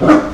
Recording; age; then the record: pig call; growing-finishing pig (85 days or more)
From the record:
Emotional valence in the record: positive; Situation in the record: run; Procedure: transit